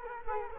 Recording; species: mosquito wingbeat signal from an infrared sensor; Culex quinquefasciatus